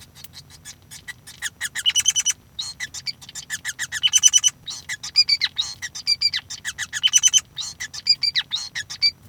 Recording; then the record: song of a male Bengalese finch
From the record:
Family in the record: son of father 5